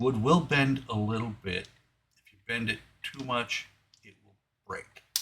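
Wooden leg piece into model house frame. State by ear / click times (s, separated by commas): seated / 5.2 s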